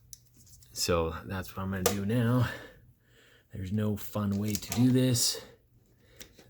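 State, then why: Seated. Someone talks while fitting a rubber insert and metal shims into the windshield wiper blade of a 1992 to 1999 Mercedes-Benz W140 S-Class, pulling the rubber until its locking tooth engages the blade frame. A single sharp click is heard at 6.2 s as the insert seats into place.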